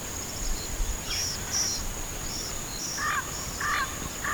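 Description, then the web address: Bird calls: a few short harsh notes in the middle range near the end, with scattered thin high chirps and a steady high hiss throughout. "BIRD 2015 SABIOD"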